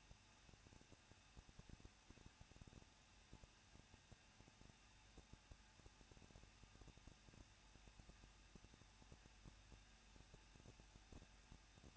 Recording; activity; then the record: daily activity, microphone in the room; no activity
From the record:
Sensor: 2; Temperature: 21.0 degrees Celsius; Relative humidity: 37.4%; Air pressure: 1006.2 hPa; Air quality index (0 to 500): 221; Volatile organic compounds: 24 ppm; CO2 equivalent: 2802 ppm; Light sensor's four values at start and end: 2/3/2/2 and 2/3/2/2